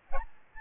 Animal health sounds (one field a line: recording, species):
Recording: mosquito wingbeat signal from an infrared sensor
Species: Aedes albopictus